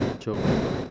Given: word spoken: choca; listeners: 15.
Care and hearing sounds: one Spanish word in noise, from a listening test; noise modulated by one talker; -8.9 dB; 0 of 15; 6 of 15; 0.51 s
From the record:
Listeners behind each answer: 6, 5, 1, 1, 1, 1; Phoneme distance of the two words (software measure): 10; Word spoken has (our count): 2 syllables, 4 phonemes, stress on syllable 1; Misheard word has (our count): 2 syllables, 4 phonemes, stress on syllable 1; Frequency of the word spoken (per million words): 3.16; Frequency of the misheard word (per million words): 0.41

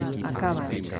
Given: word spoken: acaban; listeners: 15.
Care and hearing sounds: one Spanish word in noise, from a listening test; eight-talker babble; 0.7 dB; 4 of 15; 10 of 15; 0.60 s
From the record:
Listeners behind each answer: 10, 4, 1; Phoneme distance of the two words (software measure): 10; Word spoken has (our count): 3 syllables, 6 phonemes, stress on syllable 2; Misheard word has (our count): 3 syllables, 6 phonemes, stress on syllable 2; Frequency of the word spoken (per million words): 18.02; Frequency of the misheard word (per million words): 2.62

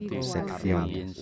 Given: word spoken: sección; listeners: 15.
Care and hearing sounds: one Spanish word in noise, from a listening test; four-talker babble; -0.1 dB; 3 of 15; 7 of 15; 0.82 s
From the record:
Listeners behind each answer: 7, 3, 1, 1, 1, 1, 1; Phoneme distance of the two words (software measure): 14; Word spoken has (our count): 2 syllables, 7 phonemes, stress on syllable 2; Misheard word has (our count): 3 syllables, 9 phonemes, stress on syllable 3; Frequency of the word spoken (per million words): 48.04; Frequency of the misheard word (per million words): 1.25

